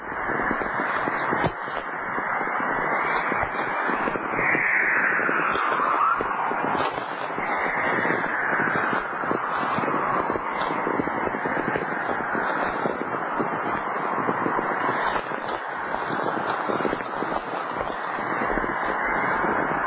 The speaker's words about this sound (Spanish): Es el silbido, los cánticos de una aurora boreal. Es fantástico. En interacción con el viento solar.